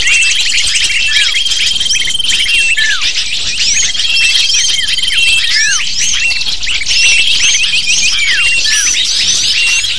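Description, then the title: Lovebirds in a noisy flock, rapid high chirps and squawks mixed with repeated long flat whistles and downslurred notes. Used to lure lovebirds. "PIKAT BURUNG LOVEBIRD"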